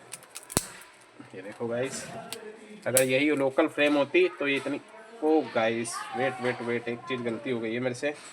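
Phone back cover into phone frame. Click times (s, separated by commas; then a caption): 0.1 s, 0.4 s, 0.5 s, 0.6 s. A plastic back cover is pressed onto the frame of a Redmi 13C 5G smartphone all the way around, its retaining clips snapping in with short, sharp clicks at 0.1, 0.4, 0.5 and 0.6 seconds. The cover is seated and locked on all four sides, after which someone talks.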